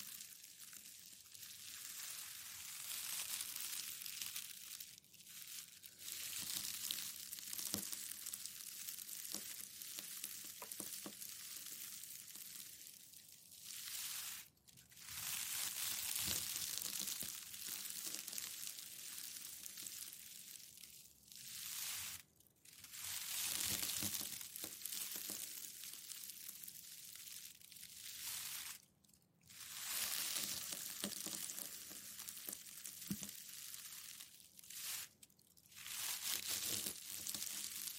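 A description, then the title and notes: Packing paper is slowly crinkled, stroked and pressed in a steady, dense rustle of fine crackles, bright and hissy with little low end. The handling runs in long passes broken by short pauses near 6, 14, 22, 29 and 35 seconds. TimASMR-Packing Paper Slow Crinkles, Stroking, Rolling, Pressing, Rustling (NO TALKING).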